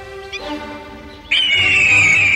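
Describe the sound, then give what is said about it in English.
An eagle's call: a loud, shrill, high-pitched screech bursts in suddenly and holds steady for about a second, following a softer, wavering tonal stretch. “That moment, an eagle came after him.”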